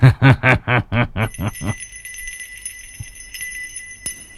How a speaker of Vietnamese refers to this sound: Tiêu Trung lạnh giọng vung vẩy cái chuông.